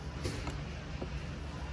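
The plastic cabin air filter access door of a 2013 Toyota Matrix is picked up and positioned before being slid into the retaining tab on the HVAC housing. Only soft creaks and handling noise are heard, with faint broadband rustles near 0.3, 0.5 and 1.0 seconds. Nothing has seated or clicked yet.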